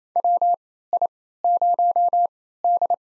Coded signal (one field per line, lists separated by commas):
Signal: Morse code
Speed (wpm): 27 wpm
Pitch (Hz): 700 Hz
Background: none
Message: WI0D